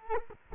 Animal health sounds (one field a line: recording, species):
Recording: mosquito wingbeat signal from an infrared sensor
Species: Culex quinquefasciatus